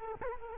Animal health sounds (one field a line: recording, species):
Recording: mosquito wingbeat signal from an infrared sensor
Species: Culex quinquefasciatus